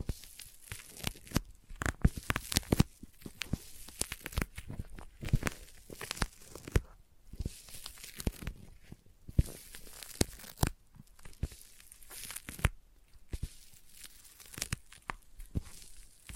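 Sticky tapping and peeling sounds crackle in dense, irregular bursts throughout, sharp bright clicks and tearing snaps over a faint crinkling background.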